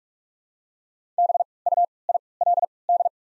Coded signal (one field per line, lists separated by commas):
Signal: Morse code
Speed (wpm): 42 wpm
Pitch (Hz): 700 Hz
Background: none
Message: B U I L D